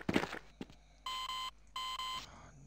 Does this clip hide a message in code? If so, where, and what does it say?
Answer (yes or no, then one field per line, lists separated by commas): no